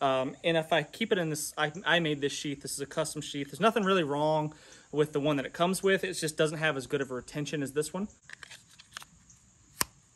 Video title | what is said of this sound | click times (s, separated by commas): A Prepper's Guide Of 5 Tips To Be More Prepared. | snaps into place | 9.8 s